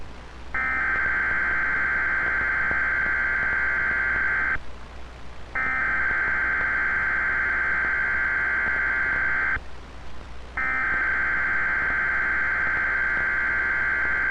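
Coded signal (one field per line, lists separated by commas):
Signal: Emergency Alert System (SAME) tones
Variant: header bursts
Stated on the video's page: Winter Storm and Blizzard Warnings broadcast on Weatheradio Canada, transmitter at Saskatoon, 162.550 MHz.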